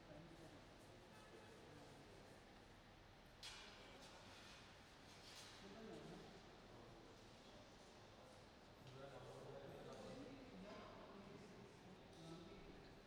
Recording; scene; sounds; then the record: everyday scene through a hearing-aid microphone; reverberant space; background noise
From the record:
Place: railway station hall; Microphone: in the ear canal, right